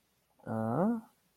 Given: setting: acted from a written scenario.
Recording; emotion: vocal sound without words; confusion